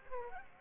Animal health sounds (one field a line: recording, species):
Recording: mosquito wingbeat signal from an infrared sensor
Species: Aedes aegypti